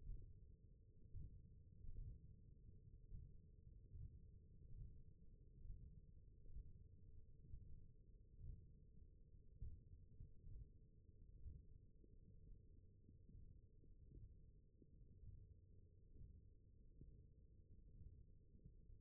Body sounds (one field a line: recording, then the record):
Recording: forearm muscle sounds (acoustic myography)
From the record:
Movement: finger pinch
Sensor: system 1, eight BSWA MPA416 microphones around the upper forearm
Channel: 1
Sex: male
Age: 21 years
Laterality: right